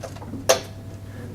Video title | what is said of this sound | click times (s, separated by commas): How to Service the Hyundai HYM400P Petrol Lawn Mower | it home firmly and as you hear a little click at the bottom | 0.0 s